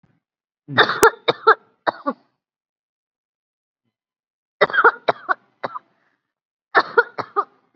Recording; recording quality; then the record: heavy voluntary cough; excellent, no background noise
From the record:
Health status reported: COVID-19 positive, moderate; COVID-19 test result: positive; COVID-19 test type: RT-PCR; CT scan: taken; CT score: 8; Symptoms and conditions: cough, cold, breathing difficulty, fever, fatigue, loss of smell and taste, another condition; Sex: female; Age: 43 years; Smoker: no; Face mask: worn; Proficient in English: no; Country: India